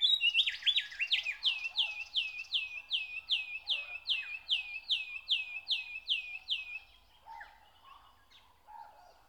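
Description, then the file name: Nightingale song: a long, even run of many repeated downward-sweeping whistles, trailing off into soft scattered notes. "Nature Sounds - Song of the nightingale"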